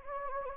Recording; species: mosquito wingbeat signal from an infrared sensor; Anopheles gambiae